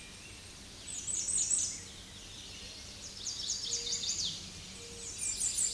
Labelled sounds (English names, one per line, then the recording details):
American Redstart song
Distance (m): 20 m
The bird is about 15 m above the microphone
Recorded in a Pennsylvania forest on 16 May 2024 at 07:39
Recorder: AudioMoth, point MSD-0019
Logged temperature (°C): 16.7 °C
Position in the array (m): 56 m, 233 m